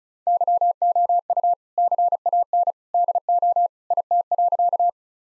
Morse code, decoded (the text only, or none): YOU CAN DO IT.